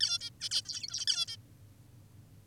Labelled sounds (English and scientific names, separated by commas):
Zebra Finch (Taeniopygia guttata)